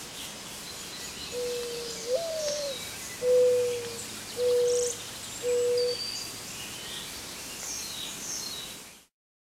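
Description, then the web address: Mourning dove song: one mournful coo that swells upward and falls, then three even low hoots about a second apart, over faint insect sounds. "101 Bird Songs. Mourning Dove"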